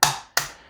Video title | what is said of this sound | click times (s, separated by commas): PSAK-47 GF4 Review - AK-47 made by Palmetto State Armory | just give it a little push down and click into place and we have reassembled | 0.0 s, 0.4 s